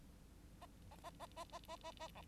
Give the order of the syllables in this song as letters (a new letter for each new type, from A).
A A A A A A A A A B